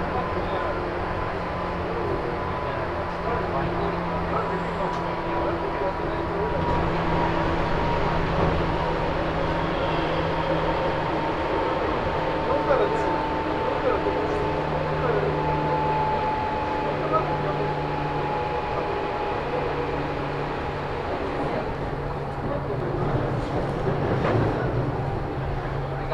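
A Chuo Line local train from Otsuki to Takao sits idling, a steady low hum with a thin whine that drifts slowly lower. Faint murmuring voices come and go, and a short burst of clatter rises near the end.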